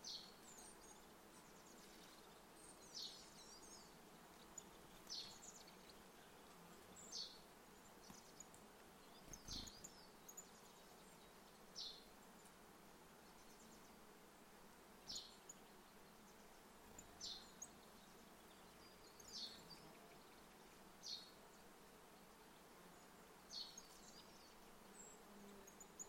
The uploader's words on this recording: Gentle summer forest, Mont Ventoux. This gentle summer soundscape was recorded in the forêt domaniale du mont Ventoux in the Vaucluse region of France. Recorded by Colin Hunter.